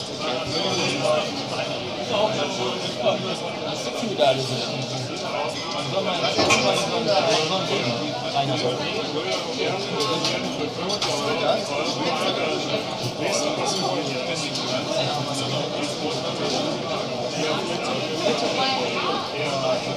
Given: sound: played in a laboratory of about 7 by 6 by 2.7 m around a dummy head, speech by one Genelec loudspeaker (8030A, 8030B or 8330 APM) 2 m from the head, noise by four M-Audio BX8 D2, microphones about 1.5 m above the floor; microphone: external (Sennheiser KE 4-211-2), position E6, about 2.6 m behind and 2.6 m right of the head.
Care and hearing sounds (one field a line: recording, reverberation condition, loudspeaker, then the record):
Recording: cafeteria noise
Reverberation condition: low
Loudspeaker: four, about 170 cm from the corners of the room and facing them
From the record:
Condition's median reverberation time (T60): about 310 ms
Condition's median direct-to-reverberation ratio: about 3.5 dB